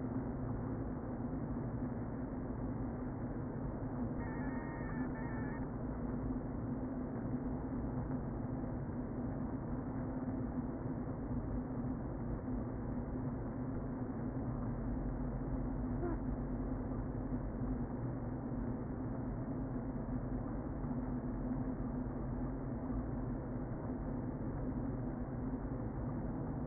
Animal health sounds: honeybee colony, microphone inside the hive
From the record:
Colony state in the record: queen present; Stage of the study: before two queens were removed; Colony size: about 60,000 bees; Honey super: yes

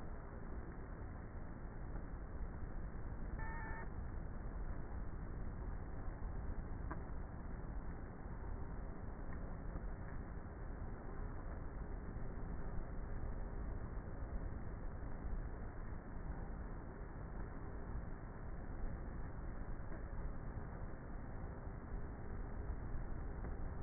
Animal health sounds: honeybee colony, microphone inside the hive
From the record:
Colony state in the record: queenless with a low population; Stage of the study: before two queens were removed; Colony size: about 30,000 bees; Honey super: no

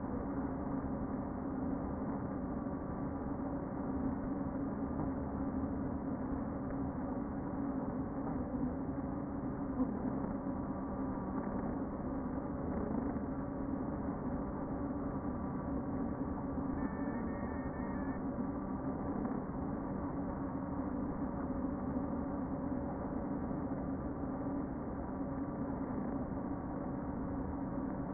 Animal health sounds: honeybee colony, microphone inside the hive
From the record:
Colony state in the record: queen present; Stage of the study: before two queens were removed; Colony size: about 60,000 bees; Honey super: yes

